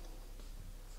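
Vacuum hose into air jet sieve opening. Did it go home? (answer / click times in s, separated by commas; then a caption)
no / none. A vacuum hose is being handled at the opening of a Micron Air Jet Sieve, ready to be inserted and twist-locked with a quarter turn. Only a steady low rumble with faint light ticking and rustling is heard, with no sharp transient. Nothing has seated or clicked yet.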